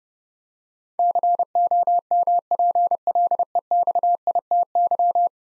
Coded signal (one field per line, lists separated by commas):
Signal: Morse code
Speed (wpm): 30 wpm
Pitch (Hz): 700 Hz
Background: none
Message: COMPLEXITY